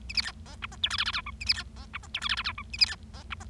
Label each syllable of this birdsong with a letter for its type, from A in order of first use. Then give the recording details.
A B C D E F G H I I J K A B C D E F G H I I J K A B C D E F. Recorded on 25 March 2012 at 11:27. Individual gy6or6